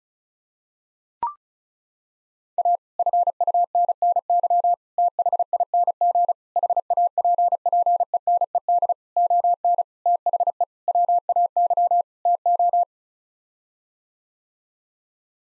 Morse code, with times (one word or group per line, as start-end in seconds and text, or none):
2.6-2.8 A
3.0-4.7 FUNNY
5.0-6.3 THING
6.6-8.9 HAPPENED
9.2-9.8 ON
10.1-10.6 THE
10.9-12.0 WAY
12.3-12.8 TO